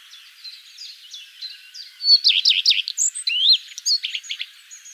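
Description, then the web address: Common redstart singing, soft high notes first, then a loud burst of rapid mixed twitters and a rising whistle, ending in a scratchy jumble. "vogelstimmen gartenrotschwanz gesang nabu lars lachmann"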